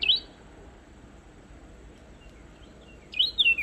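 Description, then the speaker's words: Carolina wren singing short, bright, slurred whistled phrases, one at the start and another about three seconds later. Listener's recording sent in to the show; bird sitting on a fence railing, hopping along and singing, in September. "It's just sitting on a fence railing and just hopping along almost as if it's got no legs and just singing."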